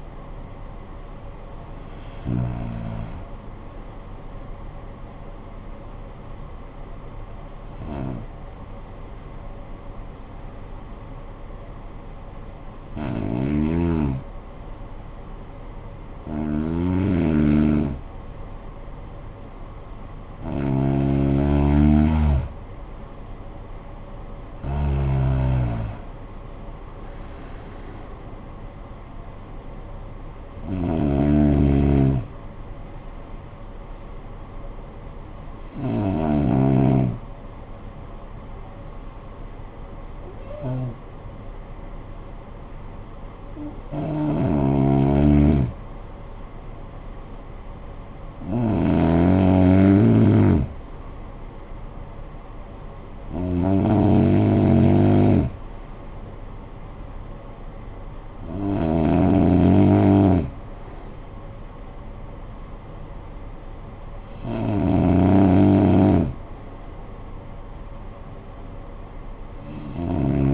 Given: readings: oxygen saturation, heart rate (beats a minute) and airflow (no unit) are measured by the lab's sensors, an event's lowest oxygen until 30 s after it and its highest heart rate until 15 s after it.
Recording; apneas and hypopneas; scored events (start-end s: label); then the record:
breathing in sleep by a smartphone at the bedside; 2
5.00-20.60 s: hypopnea (N1, oxygen 96% highest, then 90% lowest, heart rate 60 at the start, 60 highest)
37.00-50.20 s: hypopnea (N1, oxygen 95% highest, then 91% lowest, heart rate 49 at the start, 54 highest)
51.00-70.54 s: new sleep stage, N2 (light sleep)
From the record:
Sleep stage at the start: N1 (lightest sleep); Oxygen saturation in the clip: 87 to 96%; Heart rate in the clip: 47 to 94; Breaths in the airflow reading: 15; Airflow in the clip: -16.9 to 11.2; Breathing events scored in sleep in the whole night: 445 in 7.6 hours asleep